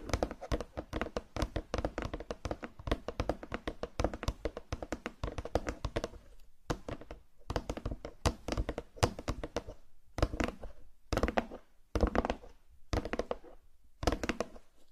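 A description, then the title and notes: Rapid, dense tapping and thumping on a massage mat and box fills the first six seconds, then slows into scattered bursts separated by brief silences. Massage Mat and Box Tapping.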